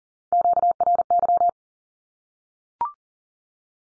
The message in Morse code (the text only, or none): QRY